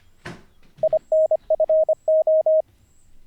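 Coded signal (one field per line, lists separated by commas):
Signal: Morse code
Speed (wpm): 25 wpm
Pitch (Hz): 630 Hz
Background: none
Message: INFO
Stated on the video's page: Daily ten-minute Morse code learning practice, live-streamed, day 45 of 90.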